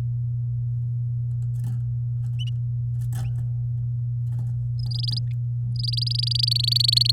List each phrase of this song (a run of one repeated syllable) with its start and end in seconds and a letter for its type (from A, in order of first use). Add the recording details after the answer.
4.79-5.19 A, 5.76-7.11 A. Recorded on 8 May 2018 at 12:06. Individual llb16